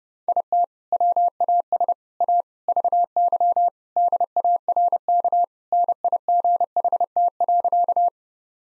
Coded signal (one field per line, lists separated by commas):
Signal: Morse code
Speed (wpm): 30 wpm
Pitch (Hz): 700 Hz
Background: none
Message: IT WAS A VY DARK NIGHT.